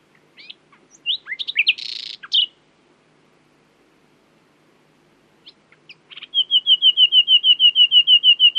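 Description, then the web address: Common nightingale song: a jumble of sharp varied notes, a pause, then a steady rapid series of loud repeated whistled notes. "owen Common Nightingale (Luscinia megarhynchos)"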